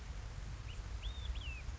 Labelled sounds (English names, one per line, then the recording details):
Olive-sided Flycatcher
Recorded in Sonoma County, California